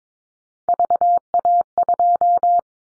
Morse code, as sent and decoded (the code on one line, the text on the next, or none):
...- .- ..---
VA2